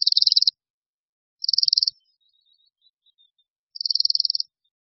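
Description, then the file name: Bohemian waxwing giving high ringing trilled calls, three short bursts spaced a second or two apart, with faint softer notes between. "Brkoslav-severní"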